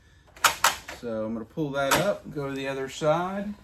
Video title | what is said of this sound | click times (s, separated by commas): The Adjustable Platform That Doubles as a Workbench and More! Werner AP2030LMP2 | You can hear it clicking | 0.4 s, 0.6 s, 0.9 s